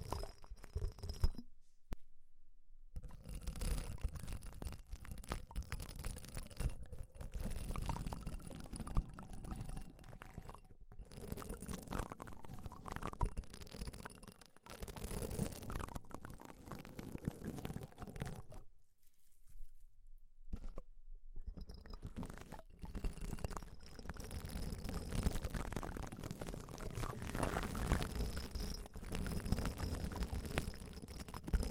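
Deep ear cleaning sounds: dense, rapid scratching and rubbing crackles with a low rumbling undertone, continuing almost without pause. Brief silent gaps break the texture near 2 seconds, 11 seconds, and around 19 to 21 seconds before the crackling resumes.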